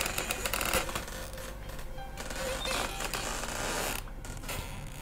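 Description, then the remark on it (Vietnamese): A door creaks slowly open, a drawn-out groaning wood-and-hinge sound with scattered clicks and rattles, steady and fairly loud throughout, with no voices. “Khi cánh cửa chậm rãi mở ra thì thằng Kháng Vẩu ba chân bốn cẳng chuồn hết, không cả dám quay đầu lại.”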